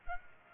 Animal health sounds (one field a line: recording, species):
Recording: mosquito wingbeat signal from an infrared sensor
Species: Culex pipiens